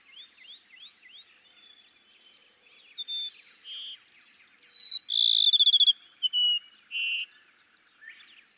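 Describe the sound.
Cassin's sparrow song: softer notes and a short trill early on, then a loud whistle sliding into a fast trill and several separate closing notes.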